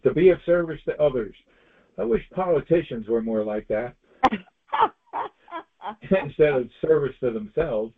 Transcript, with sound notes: To be of service to others. I wish politicians were more like that.
(laughs)
Instead of service to themselves.